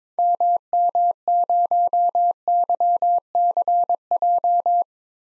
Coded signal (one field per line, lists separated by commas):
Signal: Morse code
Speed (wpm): 22 wpm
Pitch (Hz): 700 Hz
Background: none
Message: MM0YCJ